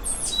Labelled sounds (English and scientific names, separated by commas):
Stitchbird (Notiomystis cincta) song